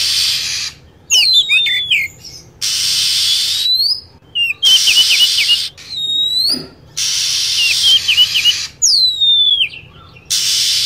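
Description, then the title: Lovebird: sharp chirps, wavering trills and long falling whistles in short groups, alternating with blocks of steady hissing noise. Lure sound (pikat) used to attract lovebirds. "PIKAT BURUNG LOVEBIRD"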